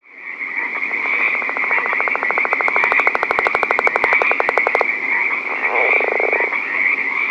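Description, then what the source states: Northern leopard frog giving a long snoring rattle of rapid pulses lasting about four seconds, then a softer grunting chuckle, against a continuous shrill background chorus. Recorded at night.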